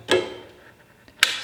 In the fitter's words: until it clicks now you're good